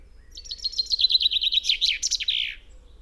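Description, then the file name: Common chaffinch delivering a quick rattling series of descending notes that ends in a rich, emphatic flourish. "Fringilla coelebs"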